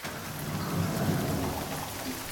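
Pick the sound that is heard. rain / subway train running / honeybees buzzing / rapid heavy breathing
rain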